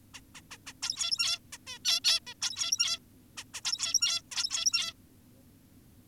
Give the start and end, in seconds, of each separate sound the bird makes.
0.14-0.21, 0.35-0.41, 0.51-0.58, 0.67-0.73, 0.83-1.39, 1.53-1.58, 1.67-1.79, 1.85-2.00, 2.04-2.20, 2.27-2.34, 2.42-2.99, 3.38-3.44, 3.54-3.61, 3.65-4.22, 4.32-4.94